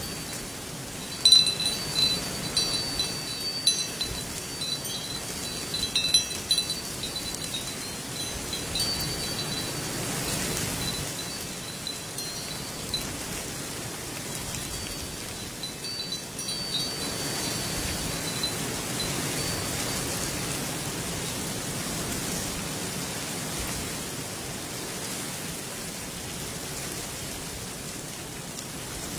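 Wind chimes ring in a bamboo grove over a steady, soft rush of wind. Bright, scattered chime strikes stand out in the first seven seconds, then grow sparse and blend into the even hiss, with a gentle swell near ten and sixteen seconds.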